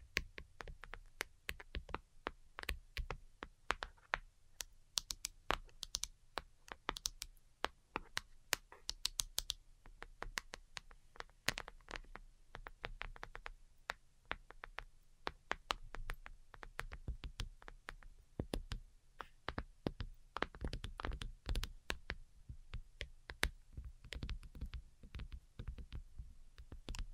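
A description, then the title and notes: Delicate tapping runs without pause for the whole stretch, a dense patter of quick, light clicks that sound much like fingers on a keyboard. The taps come in uneven bursts rather than a steady beat, with a soft low hum sitting underneath. ASMR DELICATE Tapping for Sleep (No Talking).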